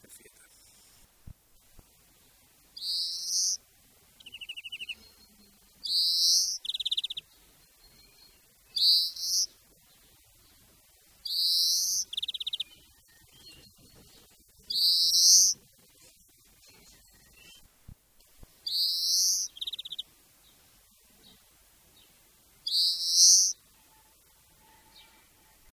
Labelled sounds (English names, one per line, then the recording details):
European Greenfinch song
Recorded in the wild
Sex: male
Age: adult
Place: Garmisch-Partenkirchen, Kurgarten, Bayern, DE
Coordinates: 47.4964, 11.0903
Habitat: park
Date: 1966-04-13
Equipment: Vollspur
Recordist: Tretzel, Erwin
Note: Garmisch Partenkirchen, Kurgarten. Männchen: Rätschen